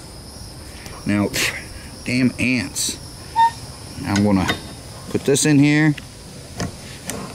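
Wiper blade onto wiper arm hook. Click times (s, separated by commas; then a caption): 7.1 s. Someone talks while a new wiper blade for a Toyota Tacoma and Corvette is put onto the wiper arm and pulled back. There are soft handling sounds, then a sharp click at 7.1 s as the blade snaps into the arm hook, confirmed seated.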